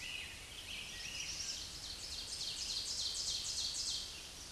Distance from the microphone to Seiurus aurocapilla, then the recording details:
about 35 m. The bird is about 10 m above the microphone. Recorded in a Pennsylvania forest on 16 May 2024 at 07:15. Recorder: AudioMoth, point MSD-2166. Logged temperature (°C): 16.3 °C. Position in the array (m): 145 m, 3 m